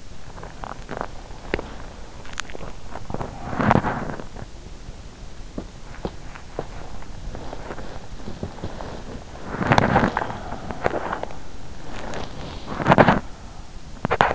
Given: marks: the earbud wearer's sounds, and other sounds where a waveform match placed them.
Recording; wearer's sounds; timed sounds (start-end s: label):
sounds in sleep by an in-ear microphone; teeth grinding, body movement
0.00-4.35 s: teeth grinding
5.32-6.88 s: teeth grinding
9.61-14.35 s: body movement